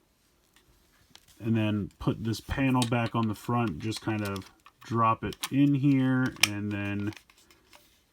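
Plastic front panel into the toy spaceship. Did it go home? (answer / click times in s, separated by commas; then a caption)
yes / 7.5 s. A removable plastic front panel is dropped into the front of a toy spaceship and pressed until it clicks into place. Someone talks through most of the clip, and a short click is heard at 7.5 s. The panel seats firmly.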